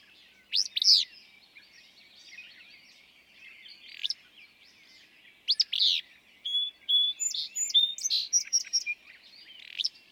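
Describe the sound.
Willow flycatcher song, sneezy two-part phrases repeated every few seconds, with a series of thin whistled notes from another bird between them.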